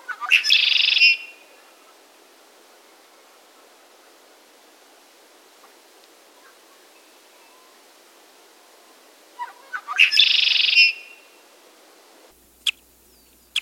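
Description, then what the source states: Red-winged blackbird song: two harsh, buzzy bursts about nine seconds apart, each opening with sharp clicky notes and ending in a rough trill, with a couple of faint clicks near the end. Chicago region.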